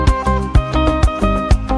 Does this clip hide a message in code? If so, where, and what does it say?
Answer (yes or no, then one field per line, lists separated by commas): no